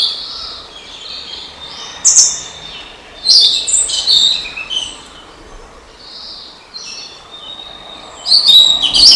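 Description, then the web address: Blue-and-white flycatcher song: high, bright whistled phrases delivered in separate bursts with quiet gaps between them. Recorded on 3 May 2016. "sound 20160503 ooruri"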